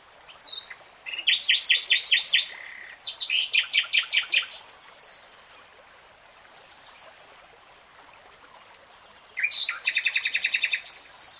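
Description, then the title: Nightingale singing three phrases of rapid repeated notes, with a pause where faint high chirps can be heard. "[Tiếng chim hót] Nightingale Singing"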